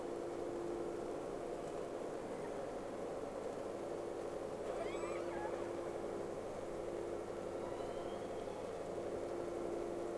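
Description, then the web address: Whale calls: faint, brief tonal sweeps rising and falling around the middle, over a steady low engine-like hum and constant background noise. Two whales, recorded 3 October 2006. "Sea Snake 10-3-06 Whales X 2"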